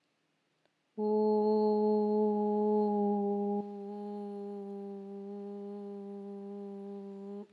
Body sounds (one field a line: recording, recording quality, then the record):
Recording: sustained vowel as in boot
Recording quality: excellent, no background noise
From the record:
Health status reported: healthy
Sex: female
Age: 52 years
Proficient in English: yes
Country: India